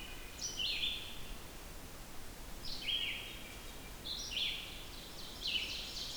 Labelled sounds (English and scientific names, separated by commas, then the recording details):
Red-eyed Vireo (Vireo olivaceus) song
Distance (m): 40 m
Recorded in boreal forest in Alberta, Canada, on 14 June 2016 at 06:41
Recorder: SongMeter 3, array SBT-3-33
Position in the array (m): 153 m, 181 m